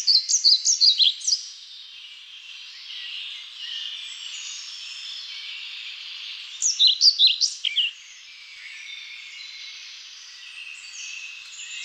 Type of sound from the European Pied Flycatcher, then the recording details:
song. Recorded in the wild. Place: Waltershofen / Freiburg im Breisgau, Baden-Württemberg, DE. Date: 1999-05-24. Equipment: MiniDisc Sony MZ-R35, Telinga DAT, Telinga-Parabolspiegel. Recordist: Schwarz, Dieter. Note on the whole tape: Song